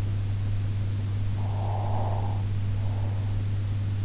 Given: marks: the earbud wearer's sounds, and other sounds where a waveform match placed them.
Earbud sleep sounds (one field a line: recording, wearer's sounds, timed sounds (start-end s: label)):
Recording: sounds in sleep by an in-ear microphone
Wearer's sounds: breath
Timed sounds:
1.37-3.17 s: breath